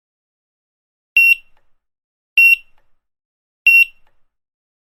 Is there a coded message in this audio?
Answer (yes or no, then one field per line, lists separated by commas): no